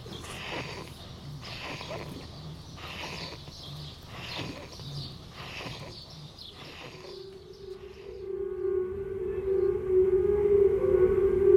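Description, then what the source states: Calf breathing with difficulty: harsh, rasping breaths repeated for several seconds, after which a steady droning tone takes over. Calf trying to breathe and suffering while the surroundings stay peaceful and quiet.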